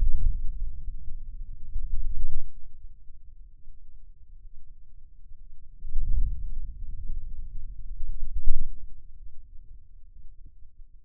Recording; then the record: forearm muscle sounds (acoustic myography)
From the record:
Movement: wrist flexion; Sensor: system 2, bracelet of six BSWA MPA416 microphones around the upper forearm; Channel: 5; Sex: male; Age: 22 years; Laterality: right